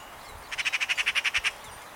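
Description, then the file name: Eurasian magpie giving a harsh, rattling chatter of about a dozen rapid, evenly spaced notes lasting roughly one second, over background noise. "Pica pica"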